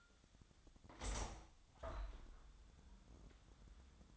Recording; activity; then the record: daily activity, microphone in the room; open window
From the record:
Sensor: 3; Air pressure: 1004.7 hPa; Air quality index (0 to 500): 75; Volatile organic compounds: 2 ppm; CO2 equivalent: 1122 ppm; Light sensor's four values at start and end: 7/16/6/6 and 7/16/6/6